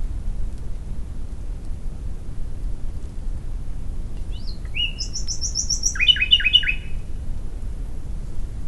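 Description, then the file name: Common nightingale song, a clear whistle and a high rapid series, then a run of loud, descending repeated notes, over a steady low rumble. "Luscinia megarhynchos"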